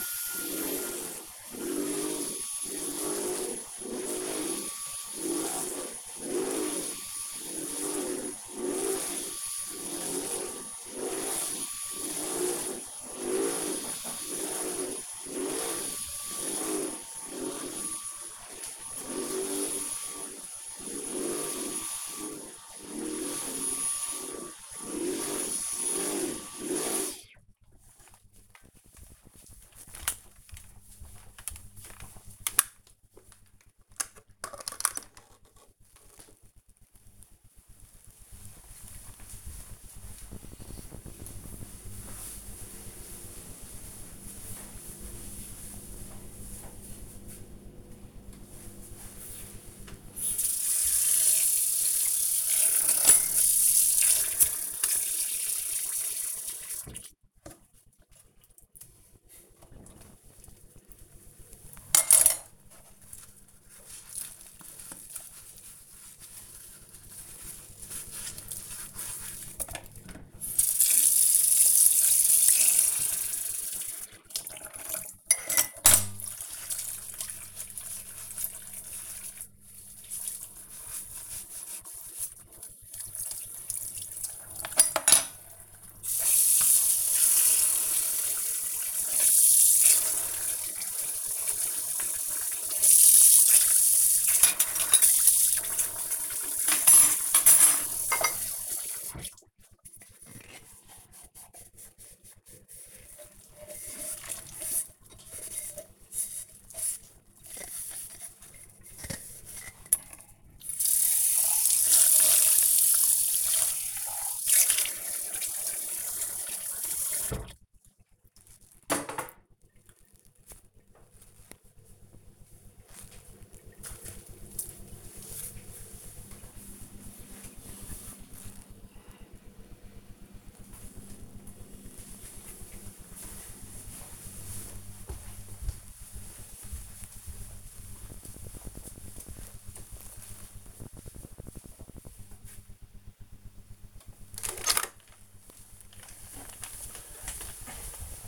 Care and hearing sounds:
household activities, microphone on the right wrist
0.00-27.14 s: vacuum cleaning
48.24-125.61 s: washing dishes
143.68-148.28 s: vacuum cleaning

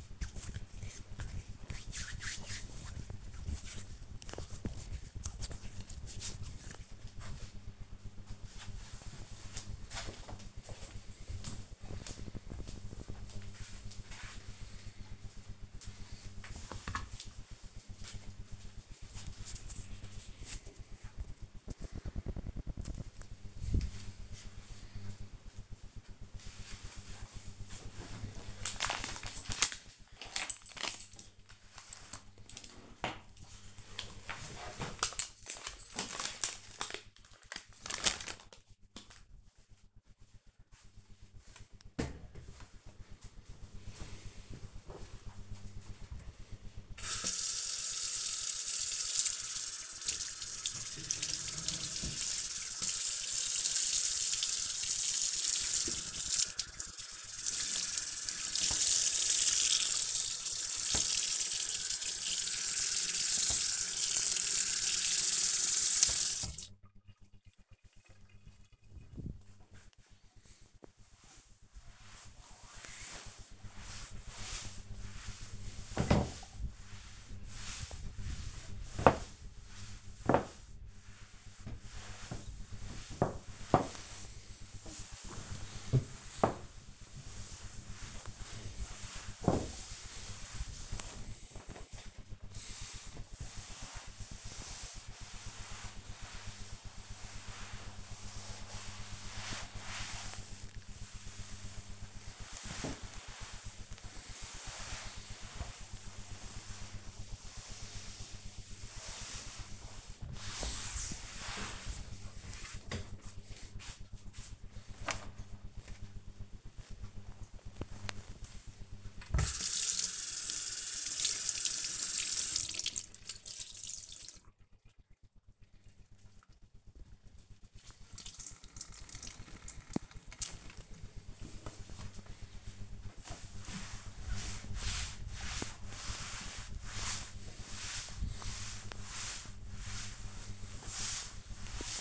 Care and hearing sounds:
household activities, microphone on the right wrist
0.00-6.77 s: disinfecting hands
47.04-112.50 s: cleaning table
119.56-142.01 s: cleaning table

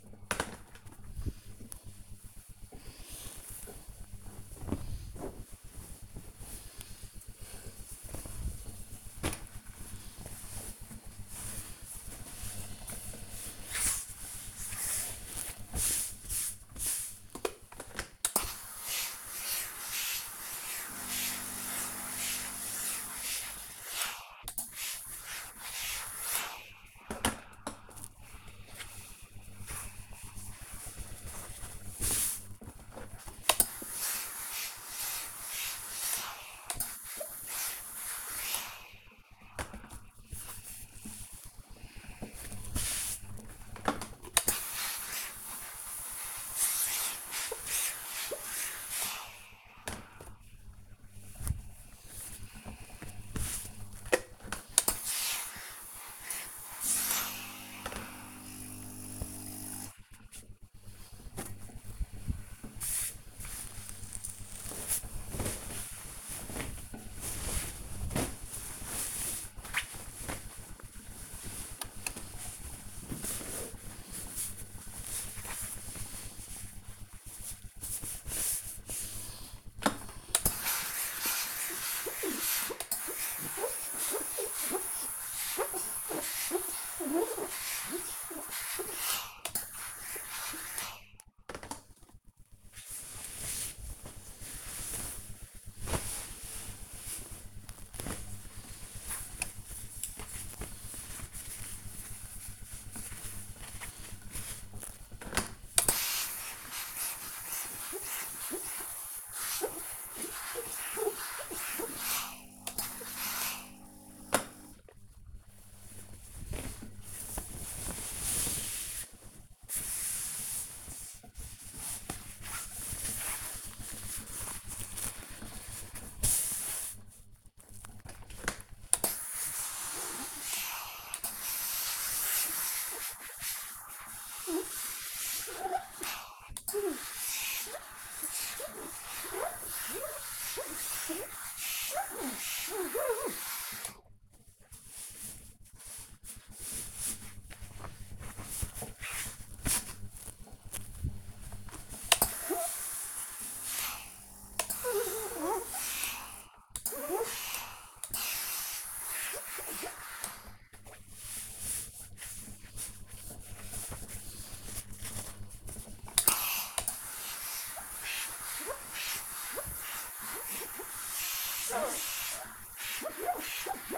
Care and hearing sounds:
household activities, microphone on the right wrist
0.00-4.64 s: ironing laundry
16.67-60.90 s: ironing laundry
79.98-173.98 s: ironing laundry

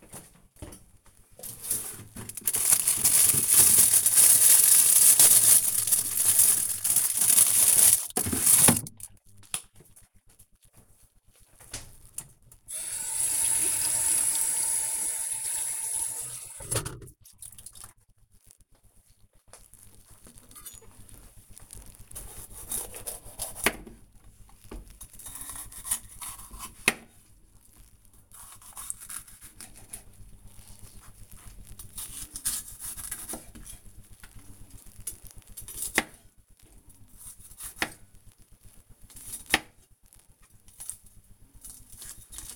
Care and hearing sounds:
household activities, microphone on the right wrist
19.33-42.56 s: cutting vegetables

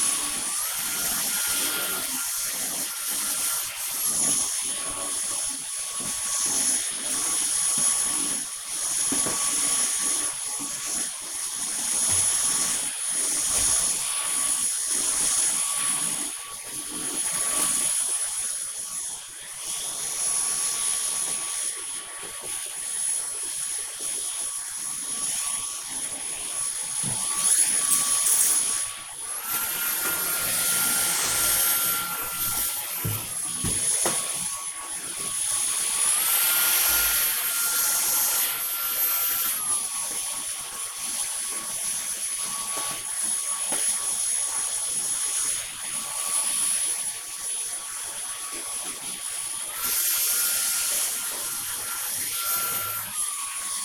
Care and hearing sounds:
household activities, microphone on the right wrist
0.00-53.85 s: vacuum cleaning

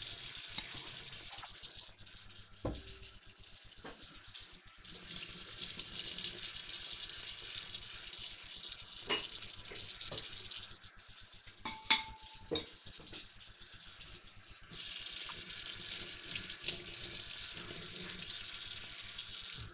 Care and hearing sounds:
household activities, microphone on the right wrist
0.00-19.74 s: washing dishes

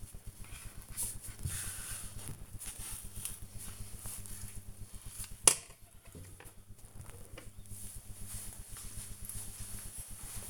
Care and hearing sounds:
household activities, microphone on the right wrist
0.00-5.76 s: cutting vegetables

